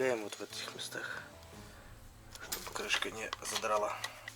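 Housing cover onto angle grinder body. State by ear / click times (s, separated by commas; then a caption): not seated / none. The rear housing cover of a ZUBR 115/600 angle grinder is being pressed onto the grinder body during reassembly, with care taken at the guide points so the cover does not catch. Someone talks while light handling sounds are heard, including two short knocks around 2.4 and 2.5 seconds. Nothing has seated or clicked yet.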